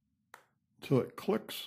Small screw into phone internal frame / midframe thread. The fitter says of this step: Turn it backwards until it clicks